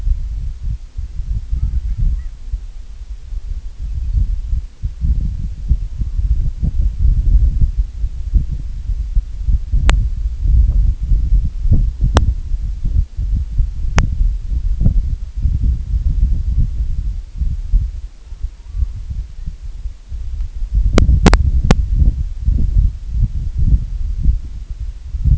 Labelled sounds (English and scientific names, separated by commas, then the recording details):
Long-tailed Duck (Clangula hyemalis), unidentified sound
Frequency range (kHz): Long-tailed Duck (Clangula hyemalis) 0.3-2.6 kHz
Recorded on Arctic tundra, site IGLO-A, on 25 June 2018
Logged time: 01:59